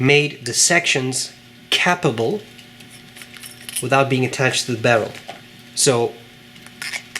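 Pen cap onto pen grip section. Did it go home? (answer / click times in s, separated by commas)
no / none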